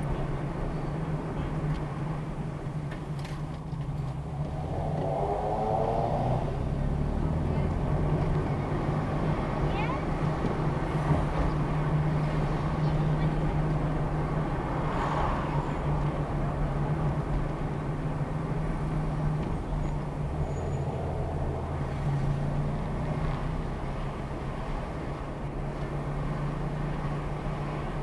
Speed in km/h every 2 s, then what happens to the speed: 16, 15, 23, 31, 31, 31, 29, 27, 26, 24, 26, 29, 29, 29.
2-6 speeds up to 31. 6-28 steady at about 29.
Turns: none.